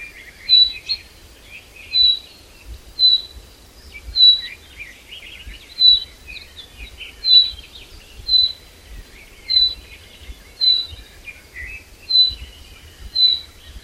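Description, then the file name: Common chaffinch giving a long run of short, sharp whistled notes, with gentle chirping from other birds in the background. "Fringilla coelebs"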